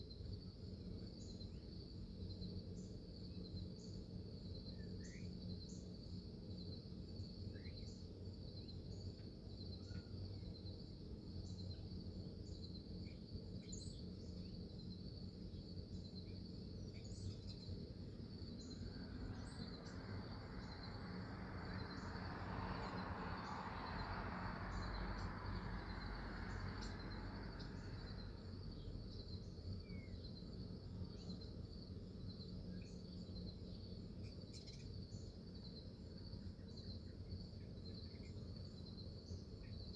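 A steady high insect drone runs throughout with scattered bird chirps, over a low rumble; a passing vehicle swells around twenty to twenty-eight seconds.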